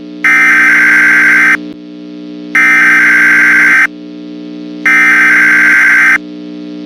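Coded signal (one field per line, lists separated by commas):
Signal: Emergency Alert System (SAME) tones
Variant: header bursts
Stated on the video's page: Simulated EAS tones in a fictional scenario about forest fires, scorching weather and bitter freezes.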